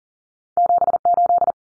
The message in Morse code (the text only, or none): 78